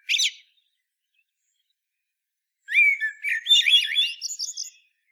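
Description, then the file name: Common blackbird: a brief high squeak, a long silence, then one mellow warbled phrase that dissolves into rapid, high-pitched twittering. "Turdus merula"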